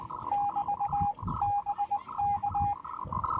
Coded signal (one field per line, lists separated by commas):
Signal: Morse code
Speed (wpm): 18 wpm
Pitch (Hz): 800 Hz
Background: none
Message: <BT> BK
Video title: First Look at The Xiegu G1M SSB/CW QRP Radio.